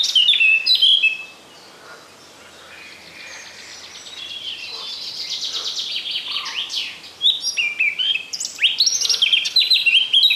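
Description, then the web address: Eurasian blackcap singing a bright warbling phrase, then a quieter softer passage of chattering notes, followed by loud fluting whistled notes toward the end. "Przyroda Ptaki Kapturka"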